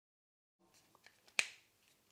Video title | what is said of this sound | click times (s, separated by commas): Winees L1 2K Outdoor Solar Security Camera Unboxing, Setup & Review | You'll hear a click. | 1.4 s